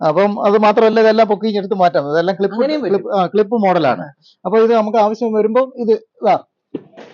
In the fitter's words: പൊക്കിയാൽ മതി അപ്പൊ ഓട്ടോമാറ്റിക് അങ്ങ് ലോക്ക് ആയി കഴിഞ്ഞു കണ്ടില്ലേ